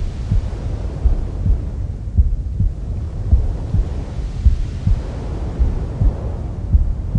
Womb Sounds with Mother's Heartbeat.